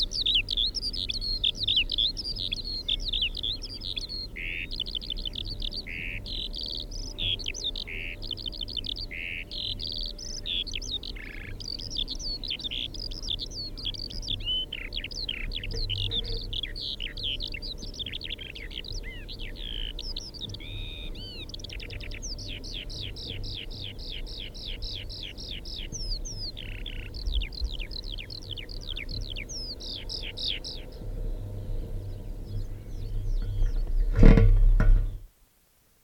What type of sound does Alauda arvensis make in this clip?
song